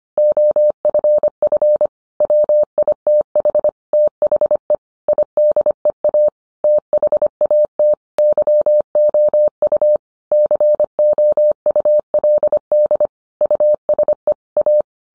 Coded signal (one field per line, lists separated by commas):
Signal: Morse code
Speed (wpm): 25 wpm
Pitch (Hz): 600 Hz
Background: none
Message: OFF WITH THE IDEA THAT YOU COULD USE A